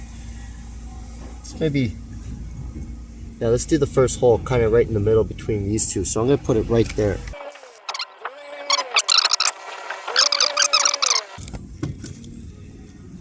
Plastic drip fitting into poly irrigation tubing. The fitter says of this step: See? That's the click you want to hear.